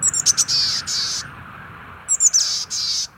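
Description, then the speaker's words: Boreal Chickadee calls: two phrases about two seconds apart, each of high chipping notes then hoarse, buzzy drawn notes. Stays year-round in the boreal forest of spruce and firs at the edge of the Arctic. "The chickadees also store a lot of spruce seeds."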